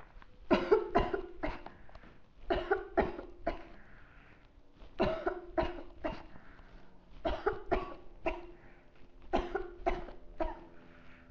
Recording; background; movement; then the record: voluntary coughing; quiet; sitting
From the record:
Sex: female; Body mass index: 18.8 kg/m2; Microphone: on the chest, facing outward